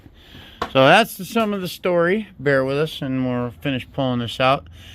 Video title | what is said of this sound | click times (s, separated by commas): 2013 f350 replace battery harness | and then I just put it back in place cuz it simply just slides on and snaps you'll hear it snap | 0.6 s